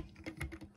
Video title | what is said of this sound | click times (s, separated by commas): Lego City 60406 Race Car and Car Carrier Truck Review | And then even then, oh, there we go. So now it locks into place, but yeah, you might have | 0.4 s